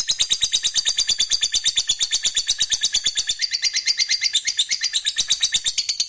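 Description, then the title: Lovebird in a steady, rapid stream of high, buzzy chattering notes, pulsing quickly and evenly throughout. "Suara Lovebird"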